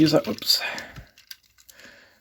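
Someone talks while handling the small plastic transformation parts on a custom Transformers Prime Ratchet action figure body, pulling them up and forward. As the speech fades, a few faint, short plastic ticks follow. Nothing has seated or clicked into place yet.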